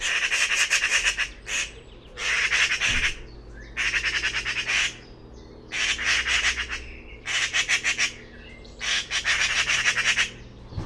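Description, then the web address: Bird repeating coarse, rattling squawks in several bursts with short pauses between, a low hum running underneath. "cianscape birddata Deverinetal 2025"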